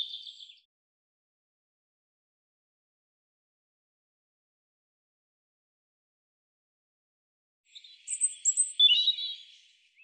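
European robin song, a brief high twittering fragment at the start, then after a long silence a warbling, jumbled high phrase near the end.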